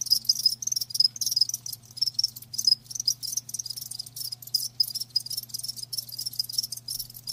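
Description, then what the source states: Crickets chirping in rapid pulsed bursts, a dense high trill with brief gaps, over a steady low hum. Live crickets chirping, a lulling song.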